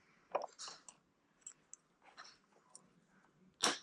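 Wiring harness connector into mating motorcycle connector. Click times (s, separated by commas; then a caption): 3.6 s. While a Veridian Cruise control unit is being installed on an RE Guerrilla 450 motorcycle, a plastic wiring harness connector is pushed into its mating motorcycle connector. Soft rustling and a few light plastic ticks come first, then a sharp snap at 3.6 s as the connector locks and seats.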